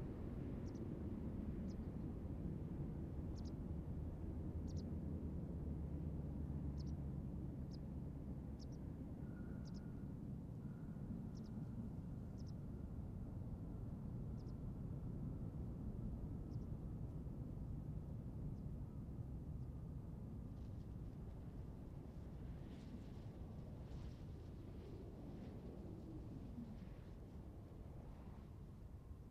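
Airport ambience at Flughafen Kloten: a heavy, steady low roar fills the whole clip, with a deep engine drone that slowly shifts in pitch. Short high clicks and chirps recur during the first fifteen seconds, and a thin whining tone appears around the ten-second mark.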